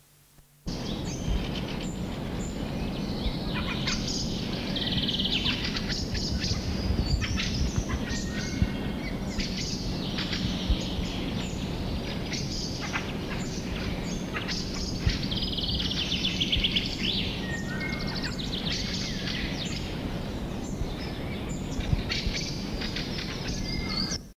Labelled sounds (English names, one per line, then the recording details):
Fieldfare call
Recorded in the wild
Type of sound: call
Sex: diverse
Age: diverse
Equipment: Halbspur, 9,5 cm/s
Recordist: Lütgens, Hans
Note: Familie